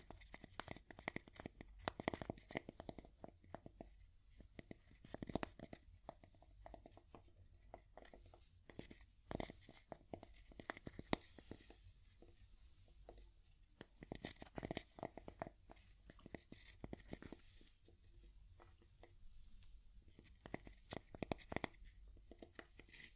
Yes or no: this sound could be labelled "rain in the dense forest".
no